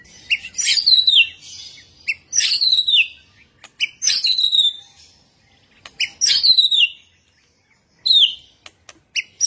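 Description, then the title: White-rumped shama giving loud, harsh downslurred phrases, several brief bursts repeated at short intervals with short clicks between. Singing in a full rolling (ngerol) and shooting (nembak) song style. "Masteran Murai Batu Full Ngerol Nembak"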